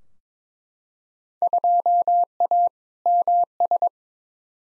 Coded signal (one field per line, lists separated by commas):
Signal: Morse code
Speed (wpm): 21 wpm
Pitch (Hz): 700 Hz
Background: none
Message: 2A MS